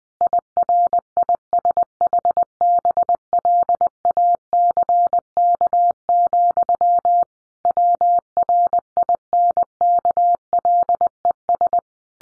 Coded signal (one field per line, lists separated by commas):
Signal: Morse code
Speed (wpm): 20 wpm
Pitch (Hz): 700 Hz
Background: none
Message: IRISH BLACK, WRINKLES